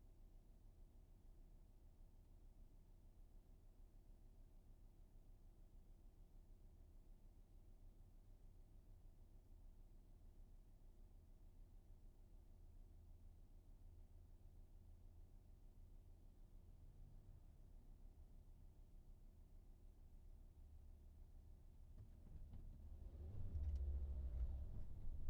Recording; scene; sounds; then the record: everyday scene through a hearing-aid microphone; in a vehicle; engine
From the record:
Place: VW T5 Caravelle, diesel engine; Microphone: behind the ear, right, front